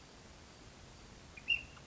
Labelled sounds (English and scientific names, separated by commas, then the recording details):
Ash-throated Flycatcher (Myiarchus cinerascens)
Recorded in Sonoma County, California